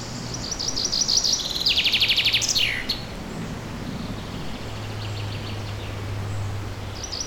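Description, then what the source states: Bird song, a fast trilled series of high buzzy notes and a dropping slur, then quieter faint phrases over a soft steady background hum. Forest ambience with birdsong.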